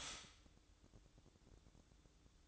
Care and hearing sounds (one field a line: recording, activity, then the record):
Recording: daily activity, microphone in the room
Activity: stop toaster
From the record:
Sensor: 3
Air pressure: 1007.2 hPa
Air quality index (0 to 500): 54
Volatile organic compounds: 1 ppm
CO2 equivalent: 590 ppm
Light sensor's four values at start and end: 8/18/7/7 and 8/18/7/7